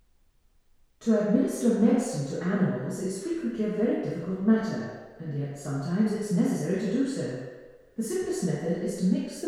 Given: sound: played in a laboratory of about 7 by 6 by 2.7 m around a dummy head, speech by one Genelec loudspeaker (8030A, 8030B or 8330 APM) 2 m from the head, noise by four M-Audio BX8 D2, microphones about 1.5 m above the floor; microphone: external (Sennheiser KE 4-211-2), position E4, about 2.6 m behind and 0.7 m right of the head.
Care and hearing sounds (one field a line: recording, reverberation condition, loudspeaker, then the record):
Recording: female speech in English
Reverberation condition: high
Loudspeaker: behind (180 degrees)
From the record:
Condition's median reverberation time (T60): about 1300 ms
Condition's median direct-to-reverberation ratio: about -4.0 dB